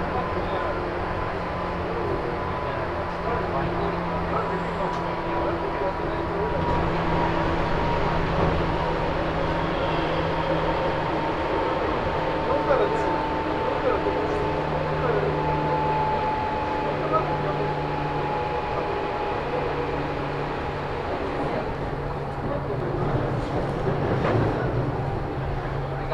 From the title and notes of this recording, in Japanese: 中央東線普通 大月→高尾。四方津駅で特急の通過待ちで9分停車します。